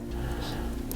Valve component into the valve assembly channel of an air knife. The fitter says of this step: work this thing in there and get it lined up until it just pops right in